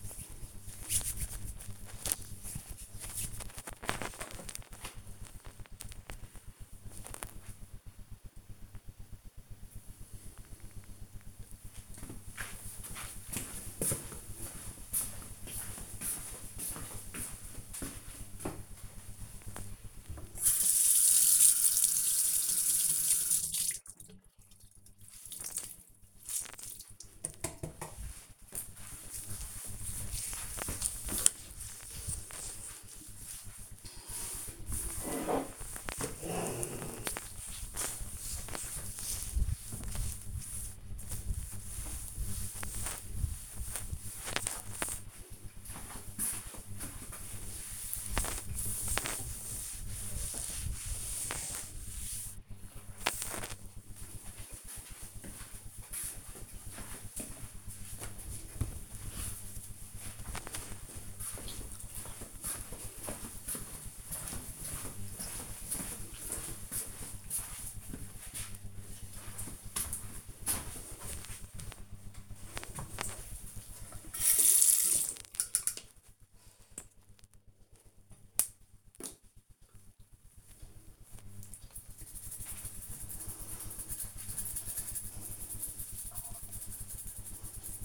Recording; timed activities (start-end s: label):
household activities, microphone on the right wrist
0.00-3.32 s: cream hands
18.42-53.69 s: cleaning table
71.81-87.84 s: brushing teeth